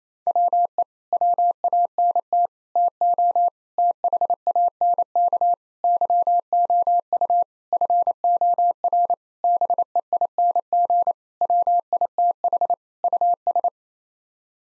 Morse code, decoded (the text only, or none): WE WANT TO THANK YOU FOR BEING WITH US